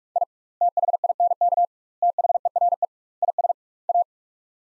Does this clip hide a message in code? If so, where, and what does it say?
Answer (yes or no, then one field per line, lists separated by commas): yes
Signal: Morse code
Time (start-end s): 0.2-4.0 s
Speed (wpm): 43 wpm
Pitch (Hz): 700 Hz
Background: none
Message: I THINK THERE IS A